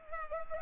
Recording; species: mosquito wingbeat signal from an infrared sensor; Culex pipiens